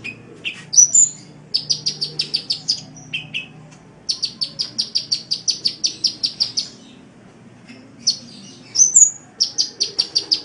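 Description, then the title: Oriental magpie-robin giving long fast series of identical sharp high notes, broken by a few whistled flourishes and short pauses. "Kicau Kacer"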